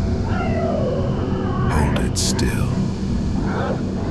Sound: whispers